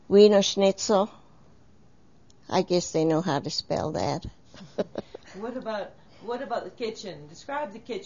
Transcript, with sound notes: wienerschnitzel, I guess they know how to spell that (both laugh)
What about the kitchen, describe the kitchen?